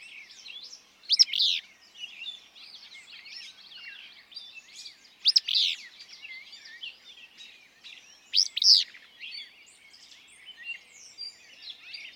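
Willow flycatcher song: three sneezy, burry two-part phrases a few seconds apart, over a busy chorus of other birds.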